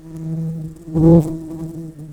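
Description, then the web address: Red-tailed bumblebee buzzing, a steady low hum with a louder swell just past the middle, then fading back to a softer drone. Workers. "Lapidarius workers"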